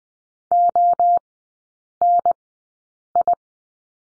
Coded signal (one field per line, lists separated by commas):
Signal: Morse code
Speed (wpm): 20 wpm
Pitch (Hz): 700 Hz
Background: none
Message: ONI